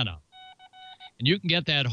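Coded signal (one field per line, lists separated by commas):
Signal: none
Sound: background music beeps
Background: speech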